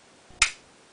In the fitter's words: okay right there you just snap it into